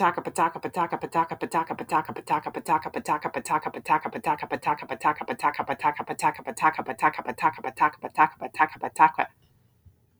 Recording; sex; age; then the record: repeated syllables /pa ta ka/; female; 40 to 49 years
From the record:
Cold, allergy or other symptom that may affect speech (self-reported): no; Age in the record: 49 years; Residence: Indiana, United States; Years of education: 16